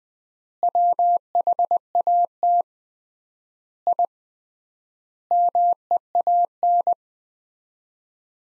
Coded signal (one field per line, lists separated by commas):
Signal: Morse code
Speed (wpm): 20 wpm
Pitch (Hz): 700 Hz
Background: none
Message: WHAT I MEAN